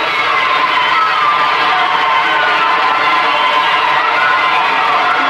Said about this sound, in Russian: Занавес открывается. Все оказываются на сцене. Зрительный зал полон детей. Дети хлопают.